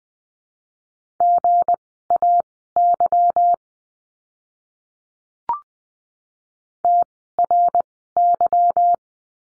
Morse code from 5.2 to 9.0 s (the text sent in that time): TRY